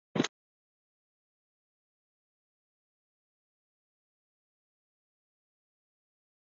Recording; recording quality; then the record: shallow breathing; moderate, slight background noise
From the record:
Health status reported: COVID-19 positive, mild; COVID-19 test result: positive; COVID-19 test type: RT-PCR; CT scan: not taken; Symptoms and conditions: fever, fatigue, muscle pain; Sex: female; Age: 30 years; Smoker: no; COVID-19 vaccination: both doses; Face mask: worn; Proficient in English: no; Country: India